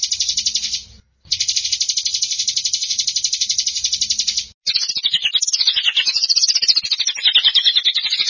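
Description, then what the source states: Canary song: long fast buzzy trill held for several seconds, a brief pause, then warbling varied phrases sliding up and down. Champion singing canary.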